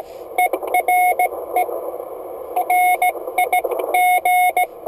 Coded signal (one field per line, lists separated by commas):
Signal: Morse code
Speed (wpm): 17 wpm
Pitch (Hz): 720 Hz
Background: none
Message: ERE RIG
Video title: Morse code DX